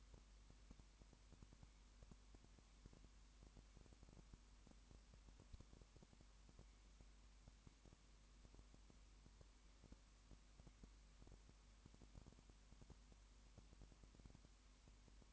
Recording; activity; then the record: daily activity, microphone in the room; no activity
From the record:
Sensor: 1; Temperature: 19.2 degrees Celsius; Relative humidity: 37.8%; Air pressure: 1001.1 hPa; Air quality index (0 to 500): 197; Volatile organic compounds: 7 ppm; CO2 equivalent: 1995 ppm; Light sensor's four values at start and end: 1/2/1/1 and 1/2/1/1